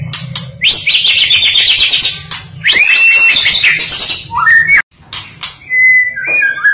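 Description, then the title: Bird: a busy run of varied chirps, trills and buzzy phrases, with a clear whistled slur near the end and a steady low hum underneath. Masteran song for training birds. "Master Burung Jos"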